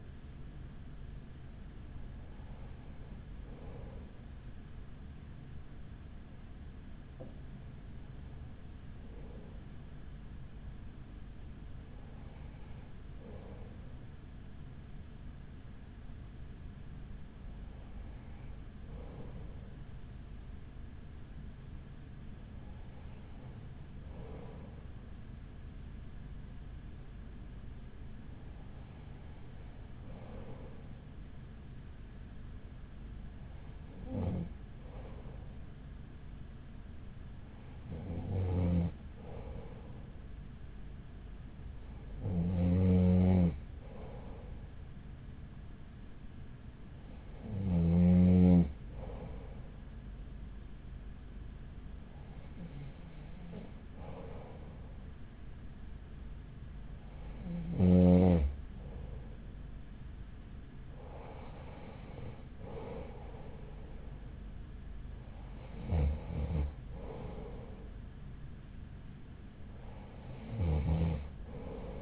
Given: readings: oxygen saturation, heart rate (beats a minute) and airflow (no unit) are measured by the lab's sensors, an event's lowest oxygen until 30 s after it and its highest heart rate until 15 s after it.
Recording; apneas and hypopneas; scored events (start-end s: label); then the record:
breathing in sleep by a smartphone at the bedside; none
none scored
From the record:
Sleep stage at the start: N2 (light sleep); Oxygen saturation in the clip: 94 to 96%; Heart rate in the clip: 40 to 47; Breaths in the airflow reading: 15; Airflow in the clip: -5.6 to 4.3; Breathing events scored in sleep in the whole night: 207 in 7.6 hours asleep